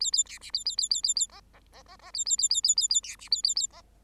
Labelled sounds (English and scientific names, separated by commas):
Bengalese Finch (Lonchura striata domestica) song